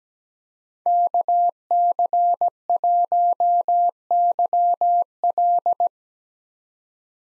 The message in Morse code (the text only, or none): KC1YL